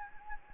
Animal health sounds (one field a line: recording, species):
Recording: mosquito wingbeat signal from an infrared sensor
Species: Anopheles gambiae